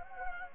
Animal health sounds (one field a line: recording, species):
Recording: mosquito wingbeat signal from an infrared sensor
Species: Anopheles gambiae